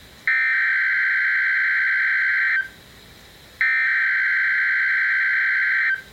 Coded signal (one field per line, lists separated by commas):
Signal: Emergency Alert System (SAME) tones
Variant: header bursts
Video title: WCN 12 05 2018 #84 Severe Thunderstorm Watch EAS